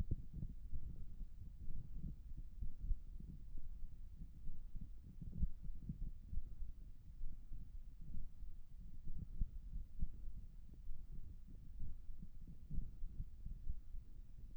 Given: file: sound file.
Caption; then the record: Audio file of post-treatment ear canal signal from the no.5 VPT patient.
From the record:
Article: Pre-Treatment Objective Diagnosis and Post-Treatment Outcome Evaluation in Patients with Vascular Pulsatile Tinnitus Using Transcanal Recording and Spectro-Temporal Analysis